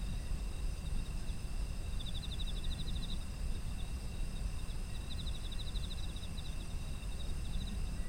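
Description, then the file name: Continuous shrill insect trilling plus two bursts of fast rhythmic chirps, around two and five seconds, with low rumbling noise beneath. Autumn insect ambient soundscape. "秋の虫の環境音"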